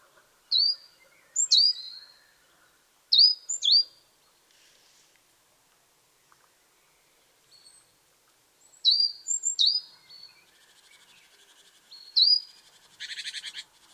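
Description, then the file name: Great tit calls: sharp high notes sweeping downward, often in quick pairs, ending with a short noisy rasping burst. "Parus major"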